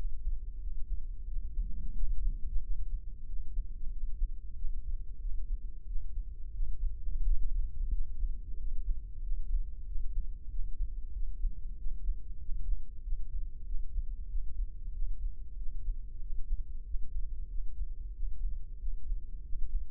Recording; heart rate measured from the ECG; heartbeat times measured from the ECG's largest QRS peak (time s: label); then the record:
heart sounds by microphone in the left ear; 92 bpm
0.63 s: heartbeat
1.29 s: heartbeat
1.97 s: heartbeat
2.64 s: heartbeat
3.30 s: heartbeat
3.94 s: heartbeat
4.58 s: heartbeat
5.23 s: heartbeat
5.89 s: heartbeat
6.56 s: heartbeat
7.27 s: heartbeat
7.94 s: heartbeat
8.60 s: heartbeat
9.25 s: heartbeat
9.88 s: heartbeat
10.52 s: heartbeat
11.16 s: heartbeat
11.80 s: heartbeat
12.43 s: heartbeat
13.05 s: heartbeat
13.68 s: heartbeat
14.31 s: heartbeat
14.95 s: heartbeat
15.59 s: heartbeat
16.23 s: heartbeat
16.87 s: heartbeat
17.51 s: heartbeat
18.16 s: heartbeat
18.82 s: heartbeat
19.46 s: heartbeat
From the record:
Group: healthy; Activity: rest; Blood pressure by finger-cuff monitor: 131/74 mmHg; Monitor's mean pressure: 90 mmHg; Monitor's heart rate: 92 bpm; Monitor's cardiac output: 7.7 L/min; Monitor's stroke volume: 84 mL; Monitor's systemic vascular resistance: 860 dyn s/cm5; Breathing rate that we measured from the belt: 16 breaths a minute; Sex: male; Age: 21 years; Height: 175 cm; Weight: 72.6 kg